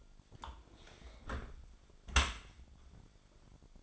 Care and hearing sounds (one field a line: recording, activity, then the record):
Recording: daily activity, microphone in the room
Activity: close dishwasher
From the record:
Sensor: 5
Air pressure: 1006.8 hPa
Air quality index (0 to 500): 183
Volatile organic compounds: 5 ppm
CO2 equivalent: 1748 ppm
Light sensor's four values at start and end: 53/148/58/58 and 53/147/58/58